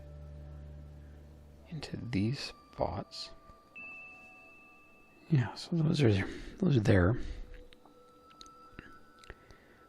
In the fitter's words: supposed to snap into place but i don't hear any great snapping going on unless i just don't have them